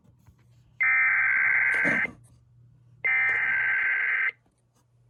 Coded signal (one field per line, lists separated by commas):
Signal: Emergency Alert System (SAME) tones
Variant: header bursts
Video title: EAS 1376-1377: Idaho Amber Alert